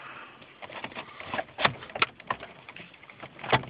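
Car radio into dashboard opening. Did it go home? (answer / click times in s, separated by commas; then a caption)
yes / 2.0 s, 2.3 s. A car radio from a 1997 Grand Marquis/Crown Victoria is slid back into its metal dash opening and pushed until its retaining clips catch. Scraping and sliding sounds lead to sharp clicks at 2.0 and 2.3 seconds, and the radio is seated back in place.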